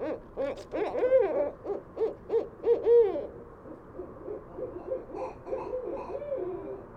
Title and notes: Barred Owls. Recorded shortly before 11:30pm April 20, 2016 in west Dyke Marsh